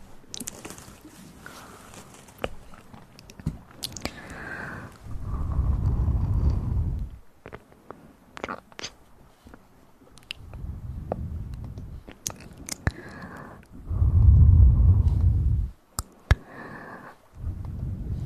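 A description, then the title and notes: Ear massage with mouth sounds: deep, muffled rubbing swells in long bursts around 5–7, 10–12, 14–16 seconds and again at the end. Between them, sharp wet clicks and pops scatter irregularly, with a few soft rising smacks and quiet gaps. Ear massage & Mouth sounds.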